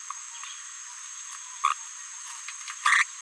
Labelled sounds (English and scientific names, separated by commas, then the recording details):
Green-rumped Parrotlet (Forpus passerinus) babbling
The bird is a female
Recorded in a nest box in Venezuela
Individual 17B73B4